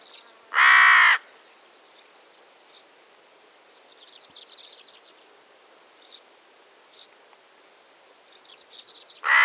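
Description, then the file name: Carrion crow uttering a single rasping caw, then quiet with scattered faint high chirps before another harsh caw begins at the end. "Corvus corone"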